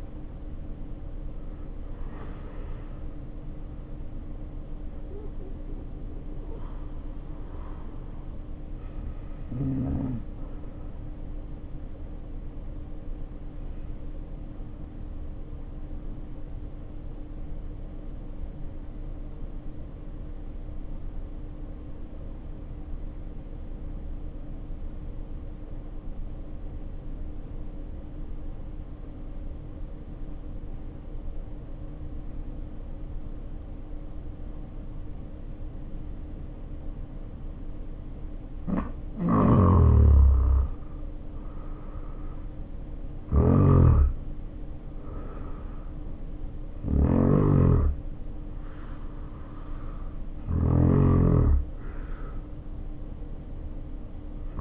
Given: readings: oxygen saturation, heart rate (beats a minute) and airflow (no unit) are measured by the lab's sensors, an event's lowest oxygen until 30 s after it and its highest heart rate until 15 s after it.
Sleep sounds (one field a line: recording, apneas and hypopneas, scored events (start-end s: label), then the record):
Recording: breathing in sleep by a smartphone at the bedside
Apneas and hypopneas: 1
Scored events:
12.00-40.90 s: hypopnea (N2, oxygen 95% highest, then 79% lowest, heart rate 48 at the start, 69 highest)
From the record:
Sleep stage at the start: N2 (light sleep)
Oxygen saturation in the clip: 78 to 95%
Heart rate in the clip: 48 to 71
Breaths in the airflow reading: 8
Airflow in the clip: -6.3 to 7.4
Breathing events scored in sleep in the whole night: 520 in 7.2 hours asleep